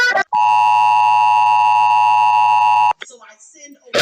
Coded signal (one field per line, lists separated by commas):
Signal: Emergency Alert System (SAME) tones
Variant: 853 and 960 Hz attention tone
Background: speech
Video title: Rating EAS Alarms Part 2 ( Thank you so much for 500 Views!)